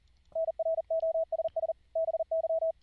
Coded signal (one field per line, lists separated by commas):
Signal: Morse code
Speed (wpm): 40 wpm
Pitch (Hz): 650 Hz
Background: radio noise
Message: NROSS BY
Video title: CWirc low latency setup: with Jack Audio, Fldigi & iambic paddles